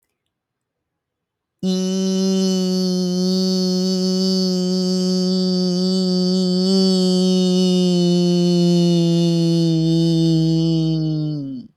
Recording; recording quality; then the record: sustained vowel as in beet; excellent, no background noise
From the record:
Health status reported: healthy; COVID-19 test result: negative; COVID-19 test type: RT-PCR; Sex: male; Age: 30 years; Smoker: no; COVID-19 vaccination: one dose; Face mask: not worn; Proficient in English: yes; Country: India